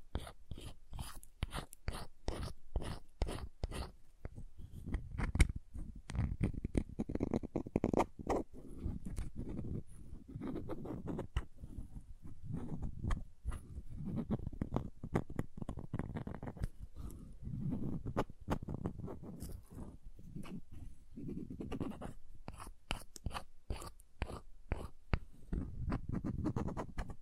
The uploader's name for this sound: Crayons Tapping, Carving, Cutting, Drawing Sounds